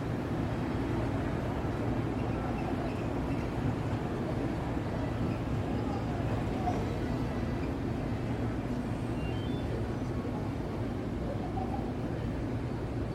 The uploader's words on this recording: Open Window New York City Soundscape at Night. Midtown Manhattan City Sounds. City soundscape of Midtown New York City in binaural audio. This is a view of 33rd street from my hotel room in the evening. The audio is not looped and recorded on location.